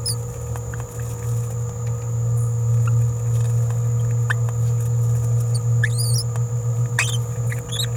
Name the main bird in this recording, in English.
Green-rumped Parrotlet